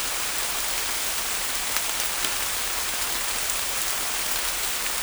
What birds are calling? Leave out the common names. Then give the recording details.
none. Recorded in forest near Pivijay, Magdalena, Colombia, on 1 June 2023 at 16:30. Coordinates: 10.467, -74.380. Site Z5-G034